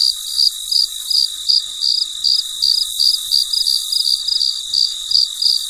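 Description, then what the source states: Cricket sound of brief high chirps at a steady pace near three per second, a constant thin hiss underneath. Recorded late at night, very quiet surroundings.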